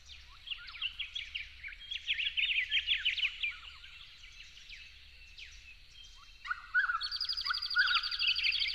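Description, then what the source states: Yellow-faced honeyeater song, a quick stream of clipped chirps in overlapping bursts. At dawn, dated 08/01/12.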